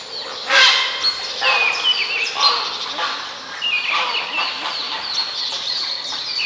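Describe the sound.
Birds singing in a lively chorus, overlapping high chirps, trills and short whistled phrases, with brief louder bursts near the start and steady twittering throughout.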